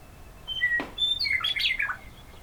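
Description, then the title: Bird song as a rapid twittering run of high whistled notes sliding up and down. "neoscenes: birds"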